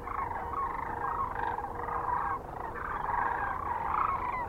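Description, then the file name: Sandhill cranes calling as a flock, a dense continuous chorus of overlapping rolling, trumpeting calls that swell and fade throughout. Kearney, Nebraska, USA, on 9 March 2004. "2004-03-09 SACRandmore C Kearney NE"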